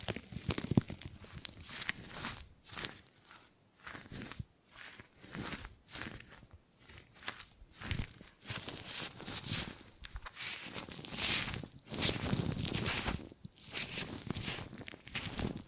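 Gripping and grabbing sounds come in quick, irregular bursts of rustling and scraping, each lasting a fraction of a second to about a second, with short silent gaps between them. The bursts are bright and crisp, with soft thumps mixed in, and grow denser near the end.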